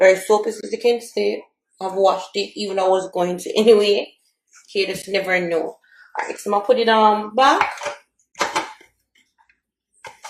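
A plastic lid or bowl is fitted onto the base of a Proctor Silex small electric food chopper and pressed until it locks, which has been washed beforehand. Someone talks for most of the clip, then a few brief clatters follow. The lid clicks into place at 10.1 s.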